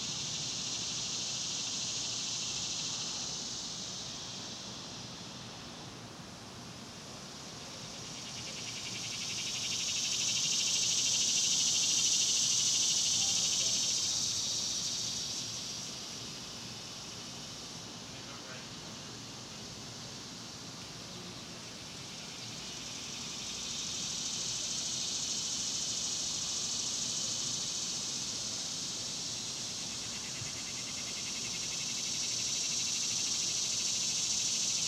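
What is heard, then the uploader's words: Cicadas drone in a high, hissing chorus that swells and fades in slow waves, peaking around 10–15 seconds and again near 25 and 33 seconds. Beneath them runs a steady low rumble, like traffic, with no distinct events. Ext Cicadas, Dusk by Bandeto.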